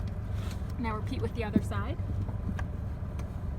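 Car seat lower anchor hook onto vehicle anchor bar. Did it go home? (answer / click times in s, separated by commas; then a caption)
no / none. The second lower-anchor J-hook of a rear-facing Cosco Scenera Next car seat, installed with LATCH, is handled toward the other vehicle anchor bar, repeating the step that clicked on the first side. Someone talks over a steady low rumble, with a few faint brief ticks near 2.6 and 3.2 seconds. Nothing has seated or clicked yet.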